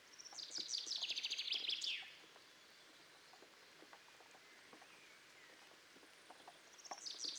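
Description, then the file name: Common chaffinch singing a fast, cascading trill that drops in pitch and ends in a terminal flourish. A few seconds later the next song begins. Light background clicks. "Fringilla coelebs"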